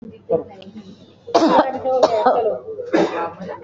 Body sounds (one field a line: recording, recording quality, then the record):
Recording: shallow voluntary cough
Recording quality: moderate, slight background noise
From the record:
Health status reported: exposed to COVID-19, no respiratory illness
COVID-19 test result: negative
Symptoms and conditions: none ticked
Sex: female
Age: 52 years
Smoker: not ticked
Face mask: worn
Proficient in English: yes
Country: India